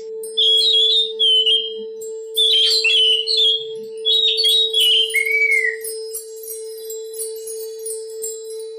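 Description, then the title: Oriental magpie-robin pouring out rapid whistled phrases that rise and fall, ending on a lower downslurred note, over a continuous electrical hum. "Kicau Kacer Durasi Panjang 1jam Lebih"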